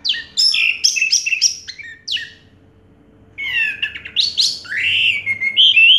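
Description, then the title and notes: Orange-headed thrush song with quick scratchy notes, a brief gap, then rich rising and falling whistled phrases. Singing in the teler style with a clear voice; part of a complete compilation of anis merah sounds. "Anis Merah Teler Suara Jernih. kumpulan suara anis merah lengkap"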